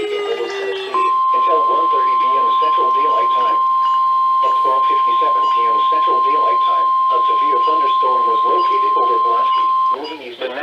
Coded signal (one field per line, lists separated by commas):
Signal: Emergency Alert System (SAME) tones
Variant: 1050 Hz attention tone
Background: speech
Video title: NOAA Radio (EAS # 385-395) Alerts From 6/22/18